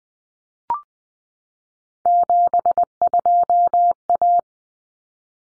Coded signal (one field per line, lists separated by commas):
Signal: Morse code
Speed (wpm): 20 wpm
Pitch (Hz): 700 Hz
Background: none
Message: 72A